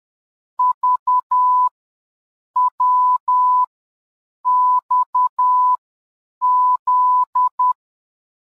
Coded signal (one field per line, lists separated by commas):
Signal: Morse code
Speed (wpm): 10 wpm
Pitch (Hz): 1000 Hz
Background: none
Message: VWXZ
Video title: Morse code tracing